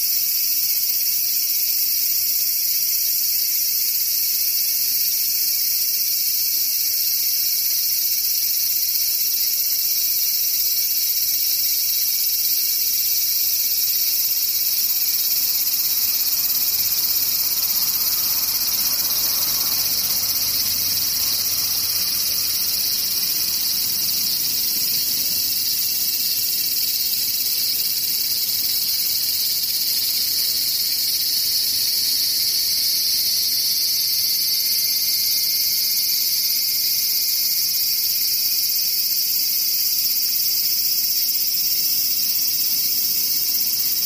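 Cicadas shrill in a dense, unbroken high drone throughout, with a faint low rumble swelling and fading around the middle, like something passing.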